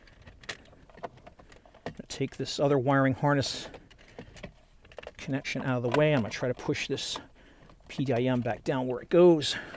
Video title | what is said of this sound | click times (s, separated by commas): 2011 - 2015 Chevrolet Cruze Add GM A2DP Profile Bluetooth Streaming Audio Music Factory PDIM Upgrade | Hear it click, you know that part's done. | 0.5 s